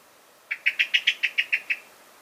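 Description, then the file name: Common blackbird giving one quick rattling series of about nine sharp chink notes, evenly spaced. "Turdus merula"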